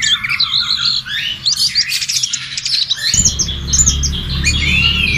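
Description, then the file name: Orange-headed thrush singing a rich, continuous medley of high slurred whistles and buzzy chatter; a low rumbling background hum rises partway through. "anis merah omkicau"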